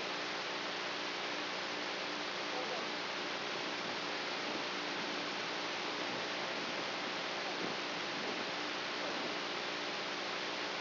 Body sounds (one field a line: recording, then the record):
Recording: brain microelectrode recording played as sound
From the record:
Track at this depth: inside the subthalamic nucleus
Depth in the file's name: 2.205 mm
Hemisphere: right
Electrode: 3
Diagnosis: Parkinson's disease